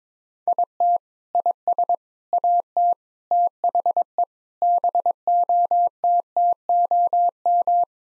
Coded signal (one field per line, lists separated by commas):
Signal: Morse code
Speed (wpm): 22 wpm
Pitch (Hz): 700 Hz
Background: none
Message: IT IS AT THE BOTTOM